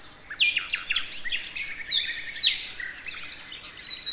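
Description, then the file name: Common nightingale song: quick varied phrases of sharp chirps, short rapid trills and a brief pure whistle, mostly high-pitched, with a faint hiss beneath. "Luscinia megarhynchos"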